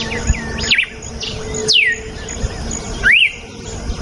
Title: Canto Galo Campina Fêmea. GALO DE CAMPINA CANTO NATURAL. galo de campina cantando. canto de galo de campina